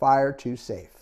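A TenPoint crossbow with an AcuSlide crank is being handled, with the crank carrier pushed down onto the bowstring so the string can latch into the trigger housing fingers and the safety can flip from fire to safe. Only someone talking is heard, with no distinct click. Nothing has seated or latched yet when the clip ends.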